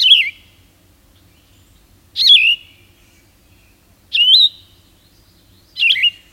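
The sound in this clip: Yellow-throated Vireo singing slurred phrases, repeated roughly every two seconds, four phrases in a quiet background.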